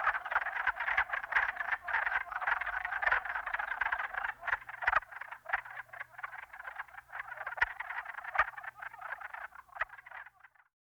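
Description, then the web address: Wood frog chorus of dense clucking croaks overlapping continuously, many frogs calling at once, with a faint low hum underneath. "Dan Gibson Wildlife Identification By Sound, Eastern North America Pt 1. Wood Frog"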